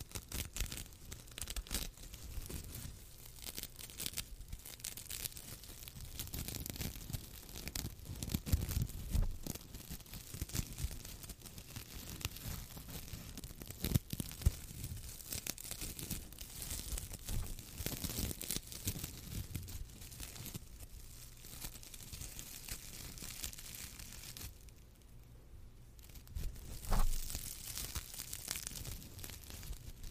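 Dense rough scratching and crinkly rustling continue throughout, with sharp louder scrapes around 9, 14 and 27 seconds and a brief lull near 25.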